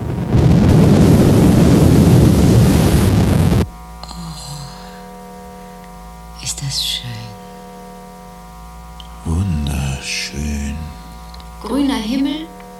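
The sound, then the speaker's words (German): A spacecraft's braking thrusters fire in a loud, rough roar lasting about three and a half seconds as the craft approaches tangentially to land on the sea, then cut off abruptly, leaving a steady low hum as voices talk. “Wir nähern uns tangential. Hemmdüsen ein.”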